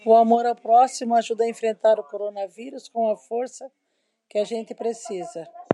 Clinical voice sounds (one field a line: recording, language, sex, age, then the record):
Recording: spoken sentence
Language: Brazilian Portuguese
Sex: female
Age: 50 to 59 years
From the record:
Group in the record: control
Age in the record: 57 years